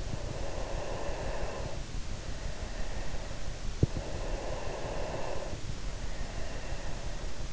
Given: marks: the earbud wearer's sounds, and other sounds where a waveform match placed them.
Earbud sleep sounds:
sounds in sleep by an in-ear microphone; breath
0.28-3.92 s: breath
4.28-7.53 s: breath

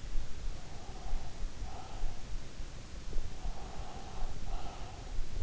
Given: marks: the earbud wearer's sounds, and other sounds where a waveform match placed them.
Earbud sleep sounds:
sounds in sleep by an in-ear microphone; breath
0.52-2.40 s: breath
3.14-5.30 s: breath

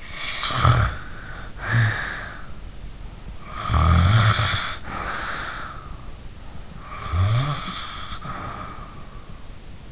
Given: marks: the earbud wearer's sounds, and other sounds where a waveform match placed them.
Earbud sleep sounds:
sounds in sleep by an in-ear microphone; snoring breath
0.00-2.61 s: snoring breath
3.33-5.97 s: snoring breath
6.78-9.21 s: snoring breath

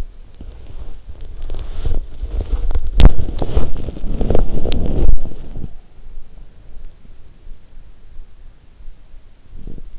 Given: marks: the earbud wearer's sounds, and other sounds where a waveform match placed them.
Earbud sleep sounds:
sounds in sleep by an in-ear microphone; body movement, snoring breath
0.00-6.05 s: body movement
9.38-9.98 s: snoring breath

